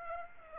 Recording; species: mosquito wingbeat signal from an infrared sensor; Aedes aegypti